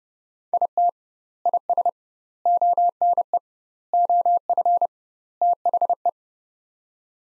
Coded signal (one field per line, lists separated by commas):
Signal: Morse code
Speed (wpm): 30 wpm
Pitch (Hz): 700 Hz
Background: none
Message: IT IS ONE OF THE